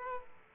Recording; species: mosquito wingbeat signal from an infrared sensor; Aedes aegypti